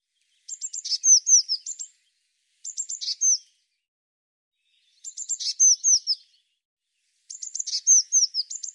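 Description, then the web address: Bird song: four short phrases of high clicking notes, each running into descending whistled slurs, with brief pauses between them. "cianscape birddata Deverinetal 2025 File cleaned normalized Bird Cy Ca"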